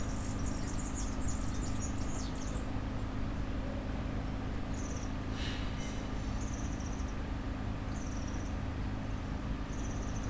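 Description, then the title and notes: European serin song: a rapid, high jingling trill for about three seconds, then brief high phrases repeating, with a sharp knock and a constant low rumble beneath. Solitary bird beside a cycle path near the Sierroz in Aix-les-Bains, France, with construction noise. "Allée Marcel Mailly, Aix-les-Bains, France - Serin cini. Au bord de la piste cyclable près du Sierroz un serin cini solitaire , bruits de travaux,quelques passants"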